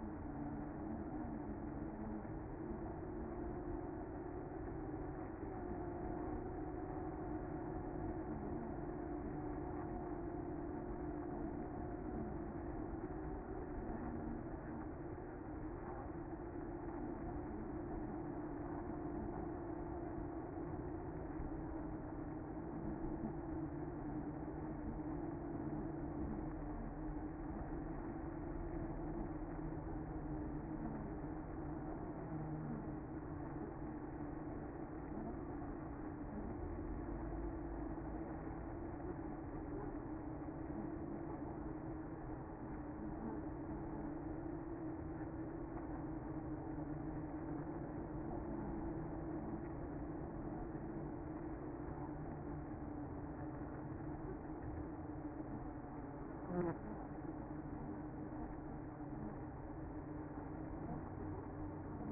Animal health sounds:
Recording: honeybee colony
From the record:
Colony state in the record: active

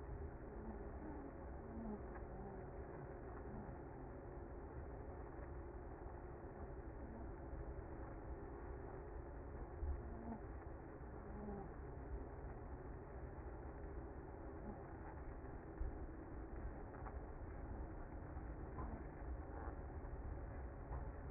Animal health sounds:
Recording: honeybee colony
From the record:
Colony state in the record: active

